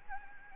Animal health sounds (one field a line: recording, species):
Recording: mosquito wingbeat signal from an infrared sensor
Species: Anopheles gambiae